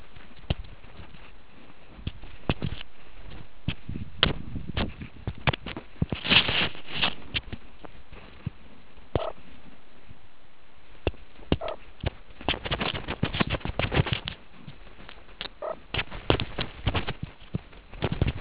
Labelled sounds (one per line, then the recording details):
meerkat close call
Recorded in the Kuruman River Reserve, South Africa
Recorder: an audio tag on a meerkat's collar